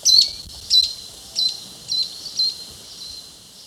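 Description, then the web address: Brown-backed chat-tyrant giving short high thin notes, repeated about every half second and fading, over steady hiss. Recorded in Ecuador. "Natures Songs S America Birds of Ecuador Brown-Backed Chat-Tyrant"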